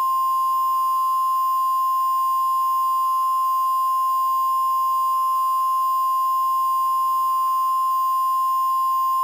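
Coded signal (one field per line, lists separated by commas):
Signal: Emergency Alert System (SAME) tones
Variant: 1050 Hz attention tone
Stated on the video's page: Valid SAME tones from a fictional alert scenario, not a real broadcast.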